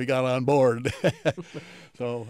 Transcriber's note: laughter